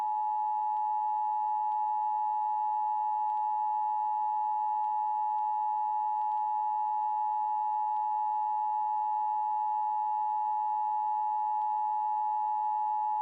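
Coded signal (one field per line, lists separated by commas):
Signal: Emergency Alert System (SAME) tones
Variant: 853 and 960 Hz attention tone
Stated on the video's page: Required Monthly Test for Nassau and Suffolk counties, New York, issued by an EAS participant and aired on a 97.5 FM station.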